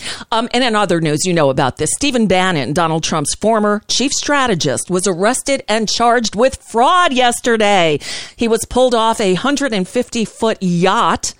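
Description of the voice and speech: A woman reads a news item in clear, fluent, even-paced speech; ordinary voice.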